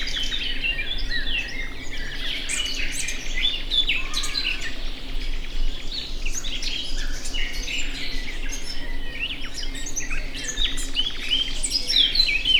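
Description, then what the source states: Birds singing in a dense chorus, many overlapping chirps, trills and whistles throughout, with a steady low background hum. Mixed birds singing in a grove loud with birdsong, natural setting; professional recording from 2014.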